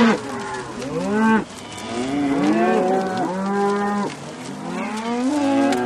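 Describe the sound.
Cow mooing, several long low moos, some rising and falling, over a steady background hiss.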